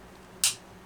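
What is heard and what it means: A new plastic points box cover is pressed onto the ignition points housing of a McCulloch Mini Mac 6 chainsaw engine and snaps on at 0.4 s with a single sharp, bright click that stands well above the quiet background. The cover is seated properly.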